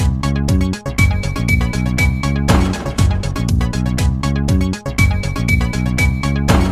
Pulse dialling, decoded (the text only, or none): none